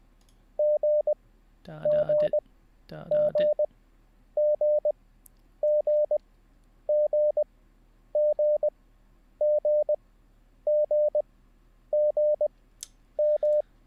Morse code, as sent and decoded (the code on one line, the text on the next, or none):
--. --. --. --. --. --. --. --. --. --. --
GGGGGGGGGGM